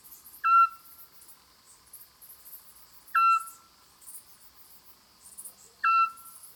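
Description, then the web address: Eurasian scops owl giving three evenly spaced, short whistled notes over constant cricket chirping. Female bird, song or call. "rapaci notturni canto verso femmina assiolo otus scops owl petit duc-scops autillo europeo zwergohreule"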